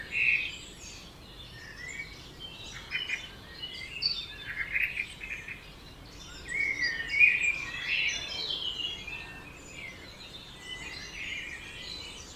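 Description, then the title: Birds in a dawn chorus, many overlapping high chirps and warbled phrases from several singers, with a soft steady background hiss. Dawn chorus at 4am in Oberhofen, Inntal, Austria; binaural recording. "Birds Oberhofen Inntal Austria - 4am - binaural version"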